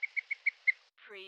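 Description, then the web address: Bird calling: five quick, sharp chirps in an even series, followed by a brief harsher, wavering note. "beanstalk-audio Bird Call"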